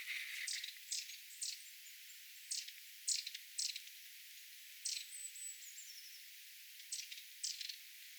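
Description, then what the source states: Long-tailed tits giving short buzzy rattles about twice a second, irregular, with a thin high descending whistle midway and soft background hiss. Calls of a small flock of tits including long-tailed tits, 27 January 2026.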